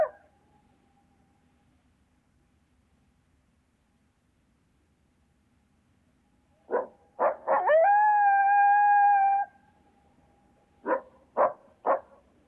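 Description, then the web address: Coyote calling after a long quiet stretch: a few barks run into a sustained, steady howl lasting about two seconds, then three separate sharp barks follow. "койот"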